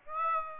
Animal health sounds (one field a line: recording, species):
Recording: mosquito wingbeat signal from an infrared sensor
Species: Aedes aegypti